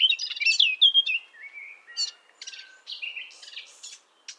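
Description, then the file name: Common nightingale song: loud varied phrases of sharp high notes, then a sliding whistle and separate buzzy and chirping bursts, with short pauses between. "Luscinia megarhynchos"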